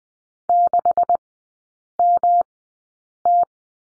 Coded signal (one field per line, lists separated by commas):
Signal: Morse code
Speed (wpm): 20 wpm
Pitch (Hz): 700 Hz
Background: none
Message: 6MT